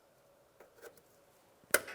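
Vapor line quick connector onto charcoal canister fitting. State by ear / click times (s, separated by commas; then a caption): seated / 1.7 s. A vapor line quick connector is pushed onto the charcoal canister fitting on a 2006-2012 Toyota RAV4. Faint handling noises come before one sharp, loud click at 1.7 s, and the connector seats securely.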